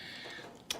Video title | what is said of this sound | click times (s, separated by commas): Kamen Rider Zi-O DX Ride Striker Review | then we're gonna fold the front wheel out and click it | 0.7 s